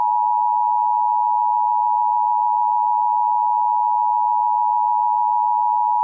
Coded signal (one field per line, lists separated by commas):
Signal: Emergency Alert System (SAME) tones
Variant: 853 and 960 Hz attention tone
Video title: EAS Scenario 3 (The Piggy Infection Outbreak)